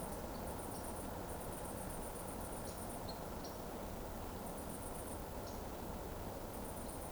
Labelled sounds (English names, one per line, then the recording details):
Eurasian Woodcock
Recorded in Baden-Württemberg, Germany, on 24 June 2020 at 20:34 UTC
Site 14569, 102 m above sea level